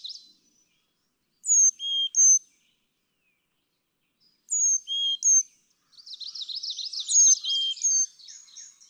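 Carolina chickadee song, sweet whistled notes stepping between high and low pitch, two clean phrases followed by another over a burst of rapid warbled chatter.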